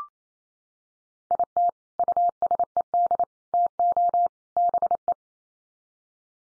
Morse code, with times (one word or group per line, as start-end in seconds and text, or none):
1.3-1.7 IT
2.0-3.2 USED
3.5-4.3 TO
4.6-5.1 BE